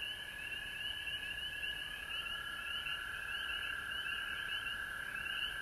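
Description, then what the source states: Many frogs calling together, sharp upslurred peeps repeating fast over a steady droning trill. Recorded at home in Georgia on March 19, 2020.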